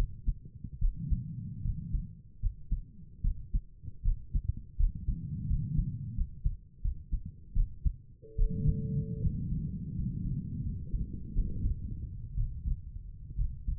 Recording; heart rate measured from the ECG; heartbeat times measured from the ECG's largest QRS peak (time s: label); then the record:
heart sounds by stethoscope; 76 bpm
0.80 s: heartbeat
1.63 s: heartbeat
2.41 s: heartbeat
3.23 s: heartbeat
4.04 s: heartbeat
4.78 s: heartbeat
5.48 s: heartbeat
6.16 s: heartbeat
6.82 s: heartbeat
7.55 s: heartbeat
8.37 s: heartbeat
9.22 s: heartbeat
9.94 s: heartbeat
10.64 s: heartbeat
11.34 s: heartbeat
12.36 s: heartbeat
13.37 s: heartbeat
From the record:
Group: healthy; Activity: rest 0-9 s, Valsalva maneuver 9-14 s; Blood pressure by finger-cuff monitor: 94/59 mmHg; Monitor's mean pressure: 67 mmHg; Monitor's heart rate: 77 bpm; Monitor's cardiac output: 6.3 L/min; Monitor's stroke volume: 81 mL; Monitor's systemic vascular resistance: 780 dyn s/cm5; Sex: female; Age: 22 years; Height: 163 cm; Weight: 67.1 kg